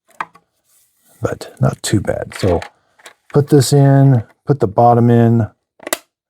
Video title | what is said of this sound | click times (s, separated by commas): Roborock Z70 Maintenance Deep-Dive + 6-Month Verdict: Gen-1 Arm Pros & Cons - Is It Worth It? | And then it clicks into place. | 5.9 s